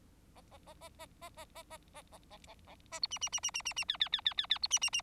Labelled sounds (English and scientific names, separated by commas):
Bengalese Finch (Lonchura striata domestica) song